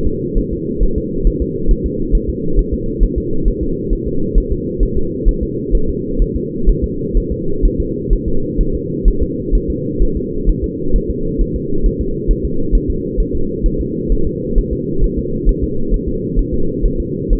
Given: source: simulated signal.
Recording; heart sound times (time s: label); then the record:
fetal heart sounds
0.07 s: S2
0.38 s: S1
0.53 s: S2
0.83 s: S1
0.98 s: S2
1.27 s: S1
1.42 s: S2
1.71 s: S1
1.86 s: S2
2.15 s: S1
2.30 s: S2
2.59 s: S1
2.74 s: S2
3.04 s: S1
3.18 s: S2
3.48 s: S1
3.63 s: S2
3.93 s: S1
4.07 s: S2
4.38 s: S1
4.52 s: S2
4.83 s: S1
4.98 s: S2
5.29 s: S1
5.43 s: S2
5.75 s: S1
5.89 s: S2
6.22 s: S1
6.36 s: S2
6.70 s: S1
6.84 s: S2
7.18 s: S1
7.32 s: S2
7.65 s: S1
7.80 s: S2
8.13 s: S1
8.28 s: S2
8.61 s: S1
8.75 s: S2
9.08 s: S1
9.23 s: S2
9.55 s: S1
9.70 s: S2
10.03 s: S1
10.17 s: S2
10.50 s: S1
10.64 s: S2
10.96 s: S1
11.10 s: S2
11.42 s: S1
11.56 s: S2
11.86 s: S1
12.01 s: S2
12.31 s: S1
12.45 s: S2
12.75 s: S1
12.90 s: S2
13.20 s: S1
13.35 s: S2
13.66 s: S1
13.81 s: S2
14.12 s: S1
14.27 s: S2
14.59 s: S1
14.73 s: S2
15.04 s: S1
15.19 s: S2
15.49 s: S1
15.64 s: S2
15.94 s: S1
16.08 s: S2
16.39 s: S1
16.54 s: S2
16.85 s: S1
17.00 s: S2
17.33 s: S1
From the record:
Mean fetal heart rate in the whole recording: 130 bpm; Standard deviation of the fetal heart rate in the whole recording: 4 bpm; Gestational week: 38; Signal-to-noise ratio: -8.1 dB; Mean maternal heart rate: 72 bpm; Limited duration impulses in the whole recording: absent